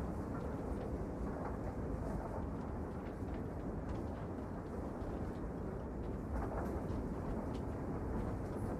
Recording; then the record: background sound without coughing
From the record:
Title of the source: Train Ride Ambience ambient white noise for sleeping, focus, studying, reading